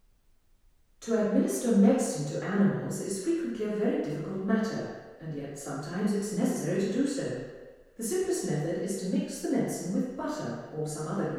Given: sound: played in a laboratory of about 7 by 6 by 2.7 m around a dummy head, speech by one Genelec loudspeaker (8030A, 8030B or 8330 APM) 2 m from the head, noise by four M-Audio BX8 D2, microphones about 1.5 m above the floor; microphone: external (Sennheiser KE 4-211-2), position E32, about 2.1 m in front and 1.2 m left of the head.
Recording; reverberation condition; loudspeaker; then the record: female speech in English; high; 120 degrees to the left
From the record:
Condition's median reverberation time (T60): about 1300 ms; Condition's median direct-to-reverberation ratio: about -4.0 dB